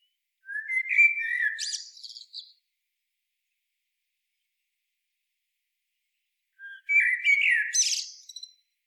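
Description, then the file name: Eurasian blackbird song: two fluted, low warbled phrases, each ending in a squeaky high twitter, separated by about four seconds of silence. "Turdus merula"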